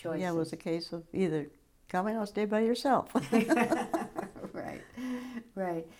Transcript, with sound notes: Yeah, it was a case of either coming or stay by yourself. (Laughs)
Yeah, right. (Laughs) Right.